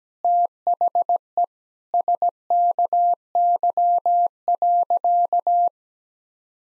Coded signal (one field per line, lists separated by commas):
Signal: Morse code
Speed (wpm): 17 wpm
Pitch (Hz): 700 Hz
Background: none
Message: THE SKY.